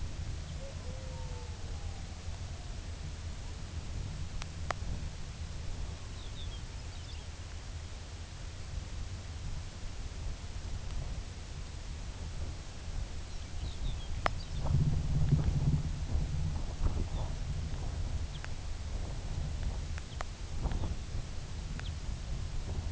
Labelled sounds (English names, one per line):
unidentified sound
Lapland Longspur